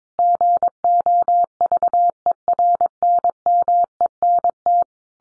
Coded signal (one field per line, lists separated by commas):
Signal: Morse code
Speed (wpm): 22 wpm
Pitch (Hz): 700 Hz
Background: none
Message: GOVERNMENT